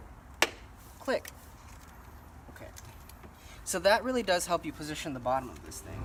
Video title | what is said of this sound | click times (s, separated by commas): 2018 Subaru Outback JDM Wheel Arch Molding Install | hear a confirmation click | 0.4 s